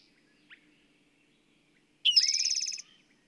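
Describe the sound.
Bird song: one faint chirp, then after a pause a single high, rapidly pulsed buzzy trill under a second long.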